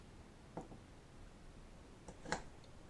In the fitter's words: it will snap into place like that